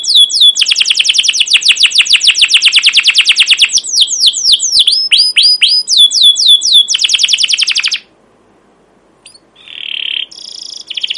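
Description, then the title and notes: Canary song: quick rolling trill followed by repeated sweeping chirps, another trill, a pause, then a steady high whistle and further notes. Captive canary with long, emotional, chattering song used as a training lure (pancingan/masteran) to teach young canaries to sing. "CUIT CUIT NGEROL LANGSUNG GACOR PANJANG Kenari Ini AMPUH Utk Pancingan KENAR. PANCINGAN Kenari GACOR PANJANG Cuit CUIT EMOSI ini AMPUH utk MASTERAN Kenari PAUD belajar BUNYI. burung kenari"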